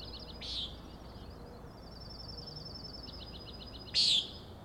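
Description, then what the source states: Common nighthawk: a loud buzzy peent near the start and another, louder, near the end, with pulsed trills and a long rattling series between. Three birds giving peenting calls and rattling noises at 4am on 16 June 2017, Schoodic Head overlook, Acadia National Park, Winter Harbor, Maine; flying closely following each other, passing near the recordist.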